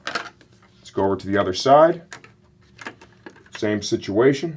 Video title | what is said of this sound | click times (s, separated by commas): Arai Signet-X Helmet Review - Sportbike Track Gear | get that to engage push you hear an audible click | 0.1 s